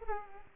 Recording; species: mosquito wingbeat signal from an infrared sensor; Aedes aegypti